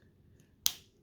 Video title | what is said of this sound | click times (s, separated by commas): Omega Style Rubber and Nylon strap for a Seiko Diver?! - From Aliexpress | it's not the most heavy duty one but it seems to work well and it has a nice click when i do i press it in | 0.7 s